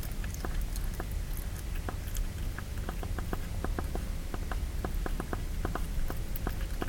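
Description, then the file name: Hedgehog chewing, with crisp clicking bites repeated several times a second in uneven runs, a deep rumble running underneath throughout. "fressender Igel"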